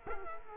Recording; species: mosquito wingbeat signal from an infrared sensor; Culex quinquefasciatus